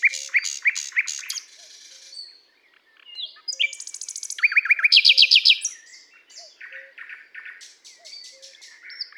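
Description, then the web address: Common nightingale delivering varied phrases: choppy repeated notes, a pause, then a loud fast rattle building to bright chirps, with faint low whistles repeating in the background. "SETE data Luscinia megarhynchos"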